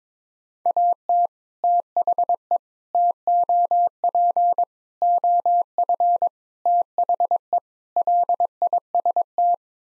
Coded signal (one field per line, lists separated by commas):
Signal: Morse code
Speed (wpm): 22 wpm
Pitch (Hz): 700 Hz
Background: none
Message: AT THE TOP OF THE LIST